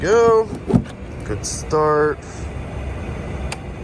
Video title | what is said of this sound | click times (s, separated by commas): Tesla Model Y - Florida Road Trip 2,600 Miles Part 1 | I heard it click. | 3.5 s